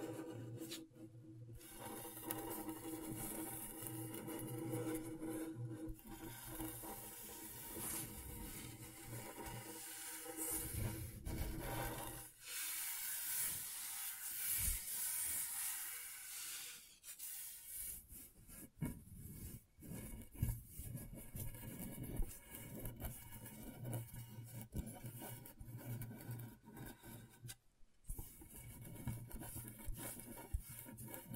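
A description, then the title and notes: Scratchboard being worked: a continuous rough scraping and rubbing that shifts in strength, brightest and hissiest around the middle. Brief near-silent breaks fall at about 1, 12 and 28 seconds, and a low steady hum runs underneath throughout. ASMR Brain Tingling Scratchboard (No Talking).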